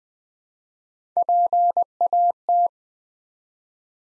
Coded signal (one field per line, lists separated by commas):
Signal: Morse code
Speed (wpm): 20 wpm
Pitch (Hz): 700 Hz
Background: none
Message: PAT